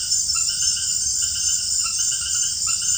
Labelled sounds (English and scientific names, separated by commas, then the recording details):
none
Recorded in secondary vegetation near Puerto Asís, Putumayo, Colombia, on 29 June 2025 at 18:30
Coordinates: 0.498, -76.327
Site GP09